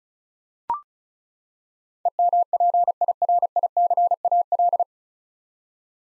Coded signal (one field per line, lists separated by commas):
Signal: Morse code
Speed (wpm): 36 wpm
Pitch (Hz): 700 Hz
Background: none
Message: EMPIRICAL